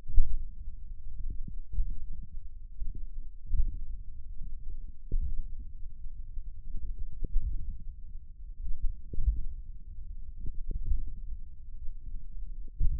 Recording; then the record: forearm muscle sounds (acoustic myography)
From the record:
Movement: tripod grip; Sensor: system 1, eight BSWA MPA416 microphones around the upper forearm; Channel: 8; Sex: male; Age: 28 years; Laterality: right